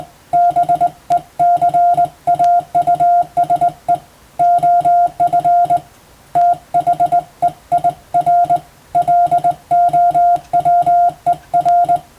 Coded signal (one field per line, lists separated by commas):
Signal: Morse code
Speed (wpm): 20 wpm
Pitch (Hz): 700 Hz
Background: music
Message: BECAUSE OF THEIR LOWER